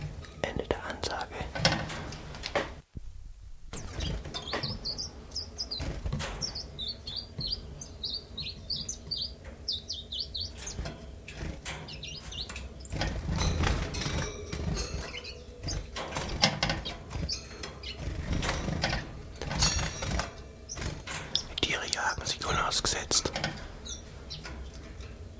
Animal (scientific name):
Phylloscopus collybita